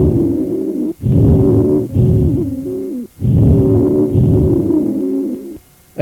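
Adult chest by stethoscope. Rhonchi: continuous musical sounds heard in both inspiration and expiration.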